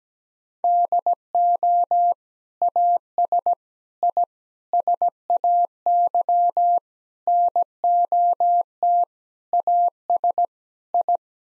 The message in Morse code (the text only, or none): DO AS I SAY NOT AS I